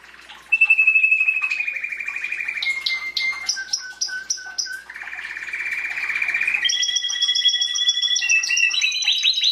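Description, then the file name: Canary singing: a rapid rolling trill, a held whistle, then low repeated piping notes, another rolling trill and finally high ringing trills stepping between pitches. "Canary Voice"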